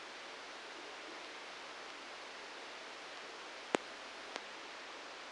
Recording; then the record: brain microelectrode recording played as sound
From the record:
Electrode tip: outside the subthalamic nucleus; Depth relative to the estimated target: 1 mm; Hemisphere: right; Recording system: NeuroSet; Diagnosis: Parkinson's disease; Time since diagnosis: 9 years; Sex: male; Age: 56 years